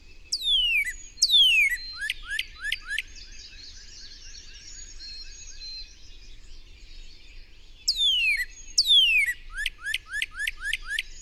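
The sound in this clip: Bird song in two phrases: falling whistles leading into rapid strings of short downward-slurred notes, repeated after a pause, against a constant twittering bird chorus.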